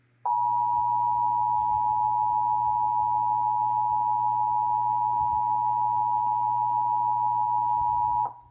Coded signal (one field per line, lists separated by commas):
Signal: Emergency Alert System (SAME) tones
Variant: 853 and 960 Hz attention tone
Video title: (EAS #794-800) February 2025 Texas Required Monthly Test